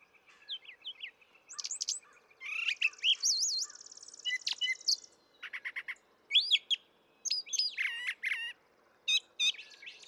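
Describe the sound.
Brown thrasher song: a long run of changing phrases, whistles, buzzy trills and sharp repeated notes, many given in pairs, with a faint background hiss.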